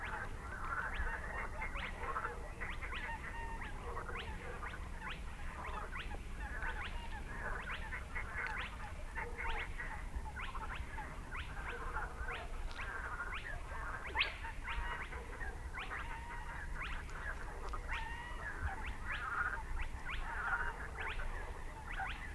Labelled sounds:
Spotted Crake

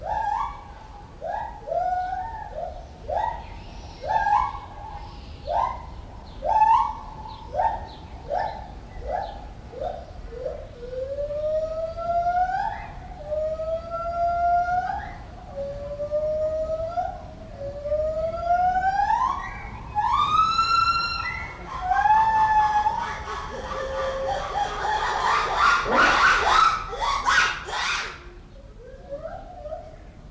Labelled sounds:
Black-and-white Ruffed Lemur

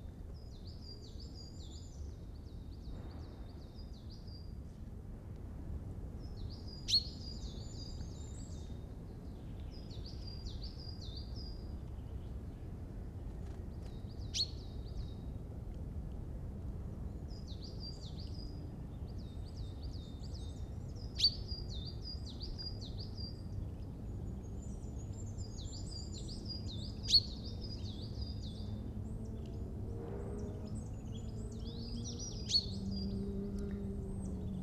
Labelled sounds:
Common Chaffinch call

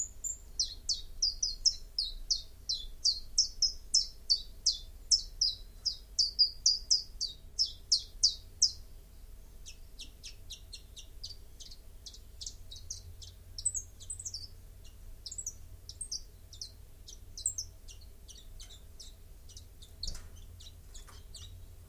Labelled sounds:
Common Chiffchaff song

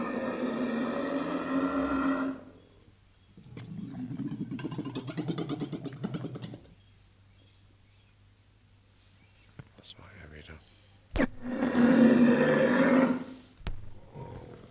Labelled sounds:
One-humped Camel

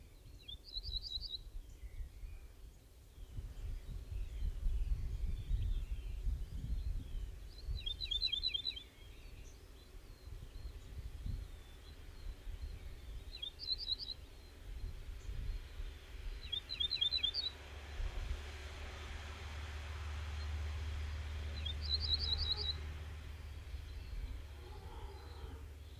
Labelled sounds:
Ortolan Bunting

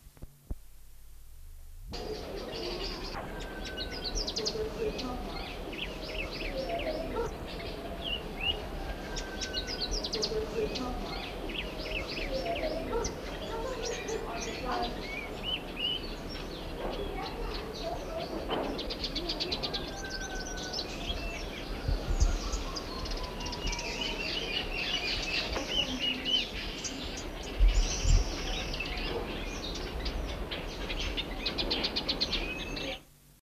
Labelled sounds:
Variable Sunbird call

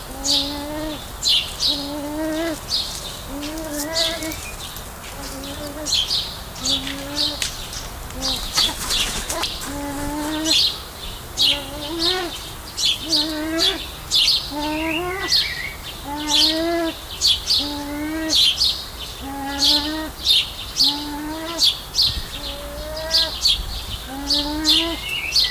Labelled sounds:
Arabian Partridge call

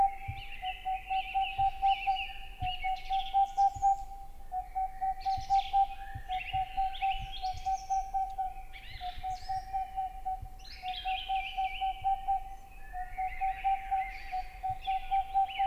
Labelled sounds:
Boreal Owl

